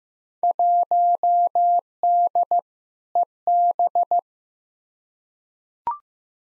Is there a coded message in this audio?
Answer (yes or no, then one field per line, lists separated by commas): yes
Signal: Morse code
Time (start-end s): 0.4-4.2 s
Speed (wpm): 15 wpm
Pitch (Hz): 700 Hz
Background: none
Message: 1D EB